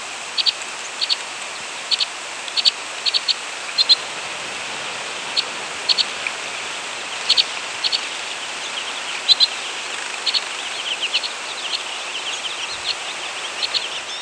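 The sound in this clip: White-winged Crossbill flight calls: crisp doubled chips in an irregular series, some quickening into brief chattering runs near the end, against constant background hiss.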